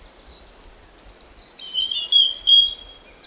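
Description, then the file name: European robin song, a thin high warbled phrase sliding downward, followed by shorter high notes, with a quiet background. "Erithacus rubecula"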